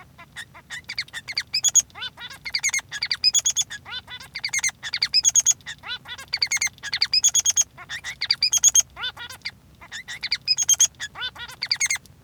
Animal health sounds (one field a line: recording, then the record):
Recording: song of a male Bengalese finch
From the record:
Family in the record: son of father 3